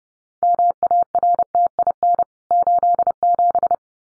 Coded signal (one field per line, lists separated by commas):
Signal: Morse code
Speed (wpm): 30 wpm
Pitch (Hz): 700 Hz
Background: none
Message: MARTIN 87